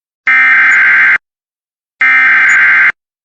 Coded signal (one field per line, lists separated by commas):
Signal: Emergency Alert System (SAME) tones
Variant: header bursts